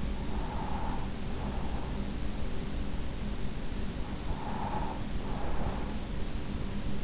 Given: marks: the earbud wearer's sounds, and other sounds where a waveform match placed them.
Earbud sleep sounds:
sounds in sleep by an in-ear microphone; breath
0.16-2.42 s: breath
4.11-6.22 s: breath

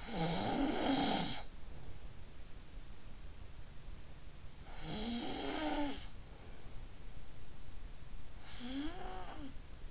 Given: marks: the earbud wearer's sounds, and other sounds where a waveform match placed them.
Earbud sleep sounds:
sounds in sleep by an in-ear microphone; snoring breath
0.00-1.56 s: snoring breath
4.64-6.21 s: snoring breath
8.41-9.69 s: snoring breath

